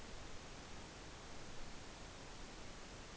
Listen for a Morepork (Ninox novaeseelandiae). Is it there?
no